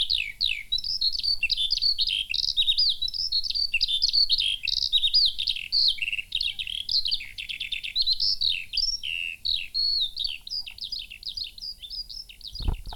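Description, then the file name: Eurasian skylark song, a continuous rapid stream of high trills, chirps and slurred notes without pauses, ending with a short low thump. "Feldlerche"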